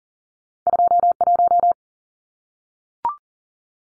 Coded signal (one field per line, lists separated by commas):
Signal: Morse code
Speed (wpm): 40 wpm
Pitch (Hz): 700 Hz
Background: none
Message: 21